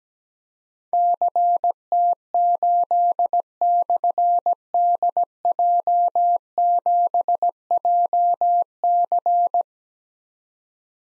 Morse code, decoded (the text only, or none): CT8/DJ7JC